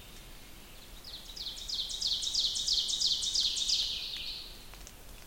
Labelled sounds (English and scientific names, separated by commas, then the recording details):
Ovenbird (Seiurus aurocapilla) song
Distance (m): 50 m
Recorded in boreal forest in Alberta, Canada, on 2 June 2016 at 05:55
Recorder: SongMeter 3, array SBT-3-7
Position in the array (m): -2 m, 87 m
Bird 7